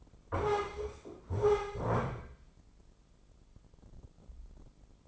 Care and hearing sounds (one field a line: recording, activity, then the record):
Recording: daily activity, microphone in the room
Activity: stand up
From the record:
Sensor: 5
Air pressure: 996.1 hPa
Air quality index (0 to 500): 246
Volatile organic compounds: 489 ppm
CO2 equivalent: 4804 ppm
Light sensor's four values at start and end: 172/412/175/191 and 172/412/175/191